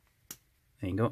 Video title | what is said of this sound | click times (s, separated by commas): KKmoon calculator kit with built-in resistor / LED / HEX functions (electronics tutorial) | if you listen you might hear the click ain't | 0.3 s